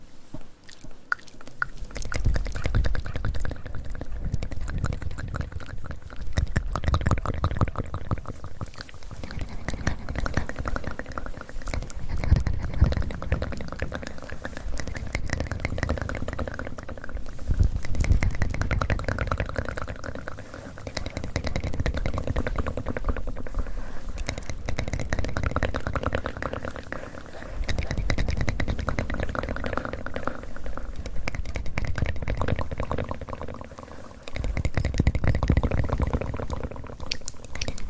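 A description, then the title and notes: Close mouth sounds: wet smacking, squelching and clicking that barely stops for 38 seconds. The noises swell into heavier, low, gurgling surges every several seconds, with quieter dips near 27 and 34 seconds. Sharp little clicks and pops are scattered throughout. ASMR Close Mouth Sounds.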